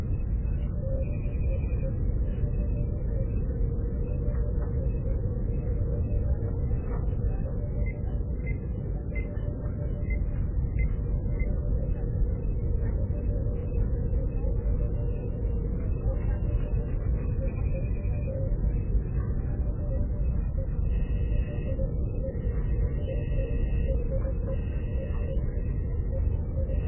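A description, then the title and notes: Spaceship interior hum: a steady, dense low rumble with a faint whine, dull and muffled on top, with soft electronic blips near the end. This episode of the White Noise Podcast is A SPACESHIP.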